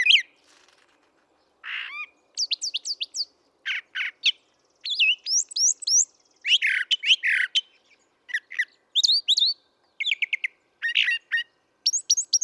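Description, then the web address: Brown thrasher song, a long run of changing phrases: sweeping whistles, harsh rasps and paired chirps, each phrase quickly followed by a different one. "birdsongforthecurious Brown Thrasher"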